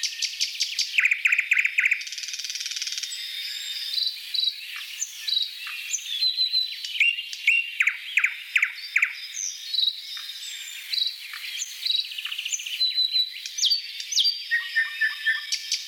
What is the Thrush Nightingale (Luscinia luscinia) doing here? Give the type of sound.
song